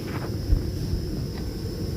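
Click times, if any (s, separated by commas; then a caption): none. An inner tie rod removal tool is slid over the metal inner tie rod, before it is twisted to lock into place. Only a steady low rumble with wind-like noise is heard, with faint low bumps near 0.5 s and 0.9 s. Nothing has locked or clicked yet.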